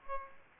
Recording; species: mosquito wingbeat signal from an infrared sensor; Aedes aegypti